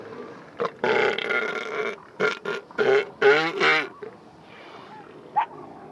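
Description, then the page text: Elephant seal giving harsh, belching grunts in several bursts, some with rapid pulsed throbbing, separated by short quiet gaps. "Звуки Морского слона. В дикой природе"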